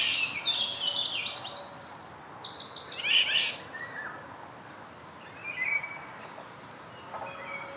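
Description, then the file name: Eurasian wren singing a fast, high-pitched, tumbling run of trills and piercing notes for a few seconds, then only a few faint, scattered chirps. "Troglodytes troglodytes"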